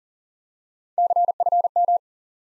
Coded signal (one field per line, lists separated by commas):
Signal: Morse code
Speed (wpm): 40 wpm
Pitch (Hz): 700 Hz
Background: none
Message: CFM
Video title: Course 3 - Lesson 52 - QRQ - Single Element